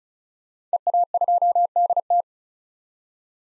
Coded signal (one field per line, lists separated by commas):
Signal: Morse code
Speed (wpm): 36 wpm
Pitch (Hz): 700 Hz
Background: none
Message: EA2DT